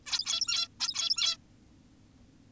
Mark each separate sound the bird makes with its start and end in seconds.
0.06-0.68, 0.80-1.37